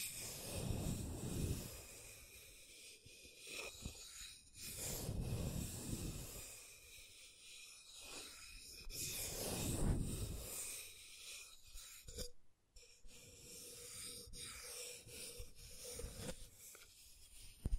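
Scratching and tracing strokes rasp in uneven bursts, with heavier low scrapes near 1, 5 and 10 seconds and a brief silence around 12.5.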